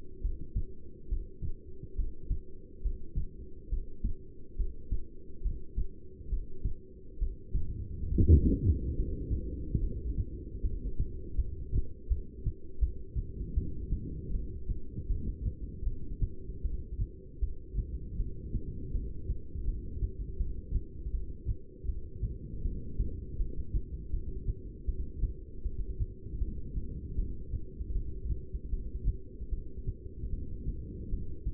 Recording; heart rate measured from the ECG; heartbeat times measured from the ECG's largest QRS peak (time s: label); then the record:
heart sounds by stethoscope; 76 bpm
0.22 s: heartbeat
1.09 s: heartbeat
1.96 s: heartbeat
2.82 s: heartbeat
3.69 s: heartbeat
4.57 s: heartbeat
5.42 s: heartbeat
6.30 s: heartbeat
7.19 s: heartbeat
8.09 s: heartbeat
8.96 s: heartbeat
9.81 s: heartbeat
10.62 s: heartbeat
11.36 s: heartbeat
12.09 s: heartbeat
12.80 s: heartbeat
13.55 s: heartbeat
14.32 s: heartbeat
15.09 s: heartbeat
15.85 s: heartbeat
16.63 s: heartbeat
17.41 s: heartbeat
18.18 s: heartbeat
18.93 s: heartbeat
19.66 s: heartbeat
20.39 s: heartbeat
21.13 s: heartbeat
21.87 s: heartbeat
22.64 s: heartbeat
23.38 s: heartbeat
24.12 s: heartbeat
24.87 s: heartbeat
25.64 s: heartbeat
26.40 s: heartbeat
27.17 s: heartbeat
27.94 s: heartbeat
28.71 s: heartbeat
29.51 s: heartbeat
30.31 s: heartbeat
31.11 s: heartbeat
From the record:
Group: heart failure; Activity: breath hold 0-7 s, rest 7-32 s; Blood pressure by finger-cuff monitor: 177/123 mmHg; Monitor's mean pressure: 144 mmHg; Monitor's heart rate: 78 bpm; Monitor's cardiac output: 7.5 L/min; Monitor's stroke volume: 95 mL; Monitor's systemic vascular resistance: 1510 dyn s/cm5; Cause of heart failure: non-ischemic cardiomyopathy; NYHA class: 1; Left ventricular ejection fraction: 62%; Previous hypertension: present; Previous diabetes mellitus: present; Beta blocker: bisoprolol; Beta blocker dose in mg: 10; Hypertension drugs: sacubitril-valsartan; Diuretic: furosemide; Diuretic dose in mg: 20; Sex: male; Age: 49 years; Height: 167 cm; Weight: 110 kg